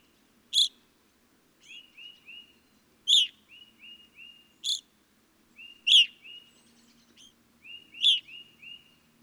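Evening grosbeak calls: loud, sharp, harmonic-rich chirps every one to three seconds, alternating with soft series of short burry notes.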